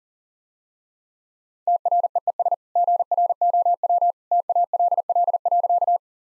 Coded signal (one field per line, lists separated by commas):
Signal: Morse code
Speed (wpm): 37 wpm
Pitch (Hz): 700 Hz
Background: none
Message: TREES GROW TALL.